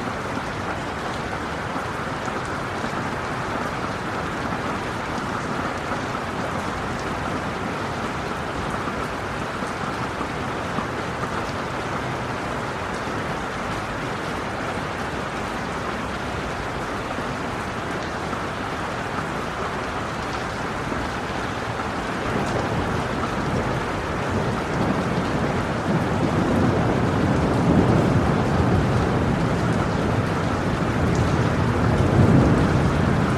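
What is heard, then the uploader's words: Steady rain hisses in a dense, even wash throughout, filling the highs and mids with fine, continuous patter. After about 22 seconds a low rumble swells underneath and grows louder toward the end, like distant thunder or a passing vehicle. Serene Rain Sounds.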